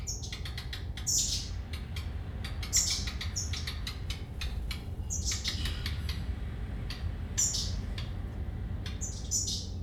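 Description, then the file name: Redstart song with bright high whistled notes alternating with rattling, crackly click series, phrases recurring every couple of seconds against low-pitched background noise. "rehek"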